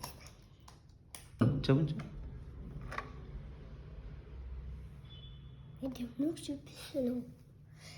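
Someone talks while handling the lock latch on a children's compass (geometry) box, with faint rustles and a few short taps from the box being moved. Nothing has seated or clicked yet; the clip ends just before the latch goes home.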